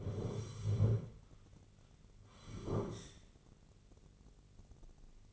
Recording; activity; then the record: daily activity, microphone in the room; sit down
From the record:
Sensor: 4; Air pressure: 1010.1 hPa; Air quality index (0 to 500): 182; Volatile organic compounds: 2 ppm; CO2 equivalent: 1314 ppm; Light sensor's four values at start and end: 43/105/44/48 and 43/105/44/48